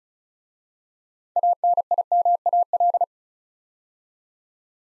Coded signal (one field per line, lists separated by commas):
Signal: Morse code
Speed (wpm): 36 wpm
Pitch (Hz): 700 Hz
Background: none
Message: ANIMAL